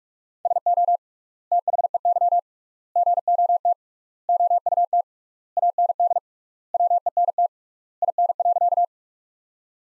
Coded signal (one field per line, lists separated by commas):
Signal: Morse code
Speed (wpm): 46 wpm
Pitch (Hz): 700 Hz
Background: none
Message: SO THEY GOT OUT AND WENT IN.